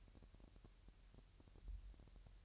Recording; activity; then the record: daily activity, microphone in the room; take from stove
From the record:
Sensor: 2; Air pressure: 1001.8 hPa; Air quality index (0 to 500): 241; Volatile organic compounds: 31 ppm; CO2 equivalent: 2987 ppm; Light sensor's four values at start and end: 5/11/4/5 and 5/11/4/5